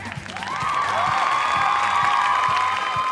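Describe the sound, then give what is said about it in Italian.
A crowd applauds steadily for a few seconds, with shouts and cheering voices rising over the clapping and holding at an even loudness throughout. “Allora, l'applauso era un invito, è un applauso propiziatorio, perché poi vorremmo vedere che questa lettera del tesoriere Antonio Misiani, vorremmo vederla trasformarsi in un documento finale, e quindi che questi tagli possano partire.”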